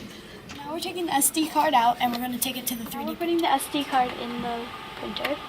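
A student takes an SD card to a 3D printer and starts putting it into the printer's card slot while someone talks throughout. Nothing has seated or clicked yet; the clip ends before the card goes home.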